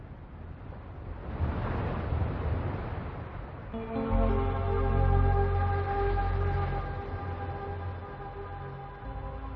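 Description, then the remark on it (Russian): A broad, hissing wash of ocean surf on the shore swells and recedes, and after a few seconds a steady layered tonal drone rises in beneath the rolling waves, both holding at moderate loudness. “Обезьяны выходят к берегу океана.”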